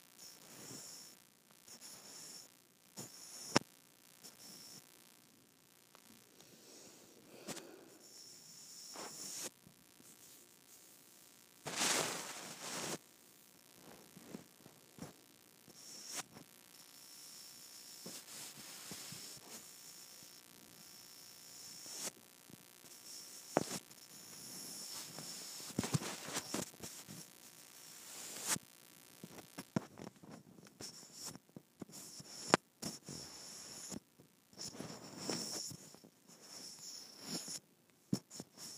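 A microphone rubbed against skin, heard as close, scratchy friction with irregular bursts of brushing and sharp clicking contacts. The rubbing swells and fades unevenly, grows busier and more crackly after about thirty seconds, and a faint steady hiss sits underneath throughout.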